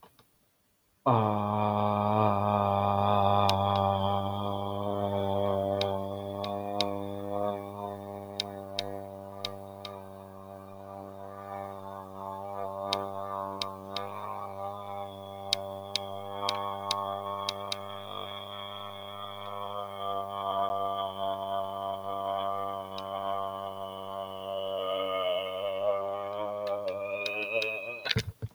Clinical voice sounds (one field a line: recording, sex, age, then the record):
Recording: vowel held as long as possible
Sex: male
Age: 30 to 39 years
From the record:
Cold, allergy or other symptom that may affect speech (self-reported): no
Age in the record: 37 years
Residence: North Carolina, United States